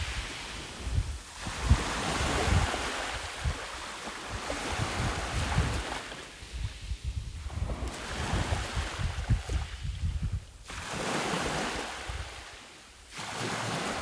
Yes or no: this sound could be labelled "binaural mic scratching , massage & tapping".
no